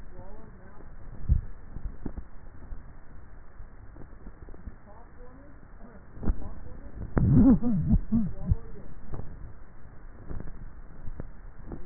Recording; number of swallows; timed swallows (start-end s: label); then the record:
swallowing sounds by neck microphone; 2
1.12-1.95 s: swallow
10.28-11.12 s: swallow
From the record:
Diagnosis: dysphagia